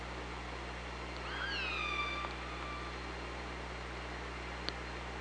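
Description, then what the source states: Killer whale call: a harmonic whistle-like tone that swoops up then glides down and levels off, about one second long, over steady low hum and hiss. Recorded on an OrcaLab hydrophone on 24 August 2017 at 05:47.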